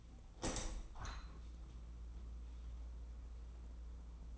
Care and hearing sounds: daily activity, microphone in the room; open window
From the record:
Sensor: 1

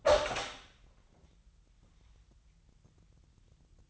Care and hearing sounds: daily activity, microphone in the room; open door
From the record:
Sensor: 3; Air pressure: 998.4 hPa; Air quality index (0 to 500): 142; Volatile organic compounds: 4 ppm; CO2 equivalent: 1694 ppm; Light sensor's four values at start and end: 16/46/18/17 and 16/46/18/17

